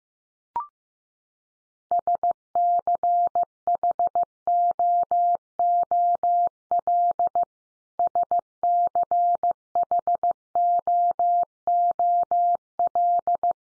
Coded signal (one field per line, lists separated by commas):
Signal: Morse code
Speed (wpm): 15 wpm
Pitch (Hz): 700 Hz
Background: none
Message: SCHOOL SCHOOL